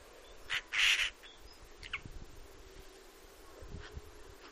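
Eurasian magpie makes a short harsh note, then a longer grating call, followed by a few quieter rasps.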